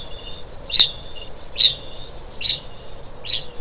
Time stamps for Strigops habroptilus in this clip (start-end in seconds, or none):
0.00-3.60